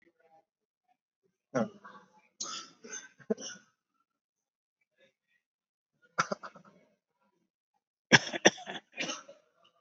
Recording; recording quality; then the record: shallow voluntary cough; excellent, no background noise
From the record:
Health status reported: COVID-19 positive, mild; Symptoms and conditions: cough, cold, breathing difficulty, sore throat, fever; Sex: male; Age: 70 years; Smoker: not ticked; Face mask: worn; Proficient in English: yes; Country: India